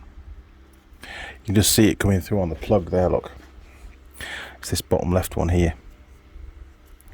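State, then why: Seated. A brown wire's crimped terminal is pushed into the bottom-left cavity of a multi-pin connector plug housing while someone talks. The terminal seats with a short, sharp click at 7.0 s and is confirmed clicked into place.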